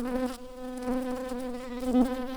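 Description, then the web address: Shrill carder bee buzzing steadily, a continuous droning hum with a stable pitch and rich harmonics, slight swells in loudness near two seconds. Worker bees. "Sylvarum workers"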